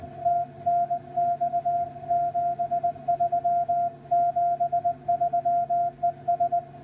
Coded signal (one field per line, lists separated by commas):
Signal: Morse code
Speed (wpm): 19 wpm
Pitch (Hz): 700 Hz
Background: none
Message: TNX 73 73 ES